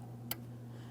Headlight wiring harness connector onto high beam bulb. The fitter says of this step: We're pressing it until we hear that audible click.